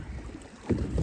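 A pedal drive or dagger board is being fitted by hand into the hull well of a Hobie Adventure Island pedal kayak in shallow water. Low, muffled handling knocks and bumps over faint wind and water noise grow louder at 0.7 s and again at 1.0 s. Nothing has seated or clicked in yet.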